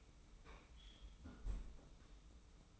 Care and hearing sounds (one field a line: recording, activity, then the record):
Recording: daily activity, microphone in the room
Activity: close fridge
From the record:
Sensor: 1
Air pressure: 991.1 hPa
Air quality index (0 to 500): 111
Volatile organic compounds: 114 ppm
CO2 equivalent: 3838 ppm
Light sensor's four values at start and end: 21/49/21/22 and 21/49/20/22